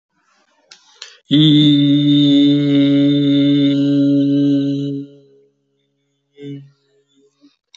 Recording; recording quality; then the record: sustained vowel as in beet; excellent, no background noise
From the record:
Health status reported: healthy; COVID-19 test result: not tested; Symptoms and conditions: none ticked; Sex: male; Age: 57 years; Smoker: not ticked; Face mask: not worn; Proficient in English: yes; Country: India